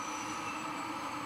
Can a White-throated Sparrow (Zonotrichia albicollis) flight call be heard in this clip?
no